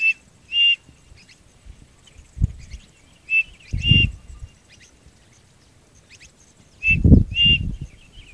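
Bird call: high, paired chirps repeated in three bursts, with loud low thumping noises alongside them.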